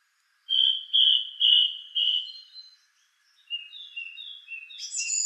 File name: suara-kicauan-burung-song-thrush 7-omkicau